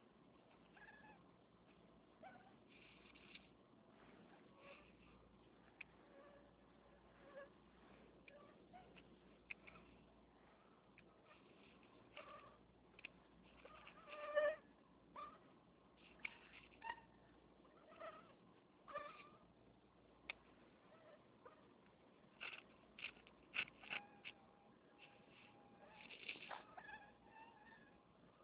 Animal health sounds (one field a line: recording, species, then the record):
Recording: mosquito flight sound by mobile phone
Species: Anopheles minimus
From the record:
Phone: Nokia 6555B